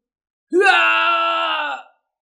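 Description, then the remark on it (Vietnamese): A man lets out one long, loud scream, rising sharply at the start and then held steady for over a second before cutting off. No other sound accompanies it. “Diệp Hàm thét dài, lại một lần nữa bị đánh nát người”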